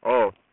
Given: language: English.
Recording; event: throat vibration sensor signal played as sound; speech